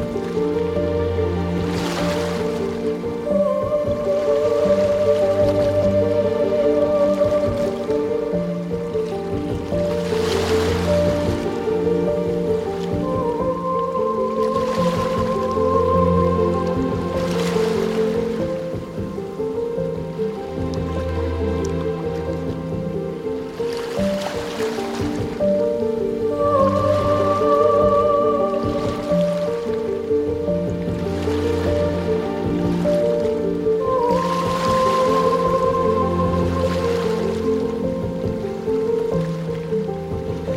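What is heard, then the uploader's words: Gentle piano melody plays over a steady wash of ocean waves, with sustained notes and held tones layered in the lows and mids. Soft swells of surf rise and fall every few seconds, keeping a slow, even rhythm throughout at a consistent moderate level. Gentle piano melodies intertwined with the rhythmic embrace of ocean waves and beach ambience. As the waves crash gently against the shore. Beach Ambience, Serene Piano Music & Ocean Waves.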